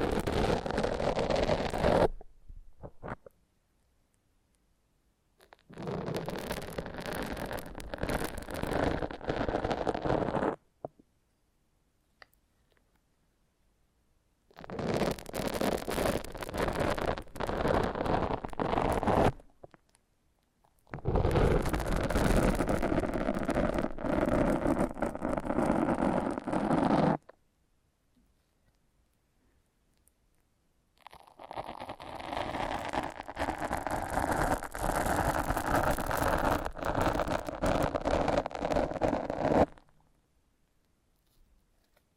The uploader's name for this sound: Foam Massage